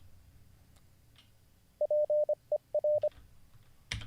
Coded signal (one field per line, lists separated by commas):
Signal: Morse code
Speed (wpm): 25 wpm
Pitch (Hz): 600 Hz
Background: none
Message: PER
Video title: How to Learn Morse Code (Day 41) [Livestream]